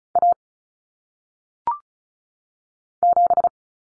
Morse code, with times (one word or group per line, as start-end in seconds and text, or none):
0.2-0.3 A
3.0-3.5 7